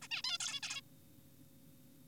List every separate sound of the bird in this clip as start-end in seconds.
0.02-0.08, 0.11-0.22, 0.24-0.38, 0.41-0.60, 0.63-0.81